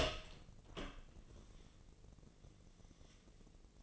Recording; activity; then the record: daily activity, microphone in the room; open door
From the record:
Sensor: 4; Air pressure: 1013.2 hPa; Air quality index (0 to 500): 178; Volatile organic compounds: 2 ppm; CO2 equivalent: 1123 ppm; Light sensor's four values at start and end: 77/186/79/80 and 105/263/109/117